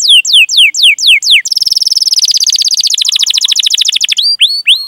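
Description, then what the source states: Canary song opening with falling whistled notes, then a fast rolling trill of rapid repeated notes, ending with a few upslurred whistles. In Indonesian songbird-hobby style (kicaumania), described as a lively singer (gacor) with elaborate song phrases (cengkok, isian).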